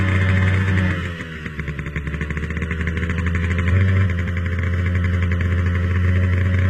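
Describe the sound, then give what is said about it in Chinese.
A motorcycle engine runs steadily with a low, buzzing drone, dipping briefly before revving back up and holding a loud, even roar to the end, as the rider leaves the highway and cuts through village lanes to shake off pursuing police cars. No one speaks. “驾着摩托车又驶离公路，钻进密集的村舍，紧接着又窜进城郊的工房群落，然后七弯八拐的抄小路，终于甩掉了尾随的警车，向西去的方向疾驶而去。”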